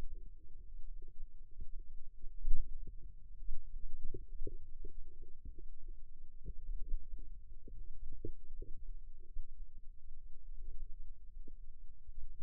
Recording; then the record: forearm muscle sounds (acoustic myography)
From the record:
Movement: inward rotation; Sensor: system 2, bracelet of six BSWA MPA416 microphones around the upper forearm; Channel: 5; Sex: female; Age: 22 years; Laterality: right